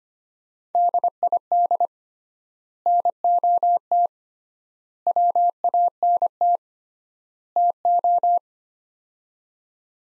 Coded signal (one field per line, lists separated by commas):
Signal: Morse code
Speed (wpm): 25 wpm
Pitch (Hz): 700 Hz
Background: none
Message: DID NOT WANT TO